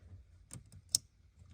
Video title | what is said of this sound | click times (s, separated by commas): How to TUNE your 2013-2018 6.7 CUMMINS with EFI LIVE and install CSP4 switch | You hear that? That means it's in. | 1.0 s